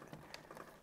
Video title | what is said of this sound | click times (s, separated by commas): Nerf Accustrike Mega Bulldog Unboxing | Jenner got it so snaps right in there beautiful and then this is our scope | 0.3 s